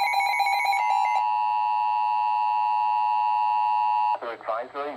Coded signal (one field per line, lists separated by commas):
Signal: Emergency Alert System (SAME) tones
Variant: 853 and 960 Hz attention tone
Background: speech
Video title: WINTRY REVENGE - EAS Alerts From 1/17/26 - 1/18/26 (EAS #4951-4960)